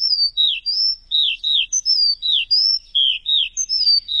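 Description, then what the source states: Bird song: high, clear slurred whistles, mostly falling, in short phrases in quick succession. Chirping bird song for training pet birds.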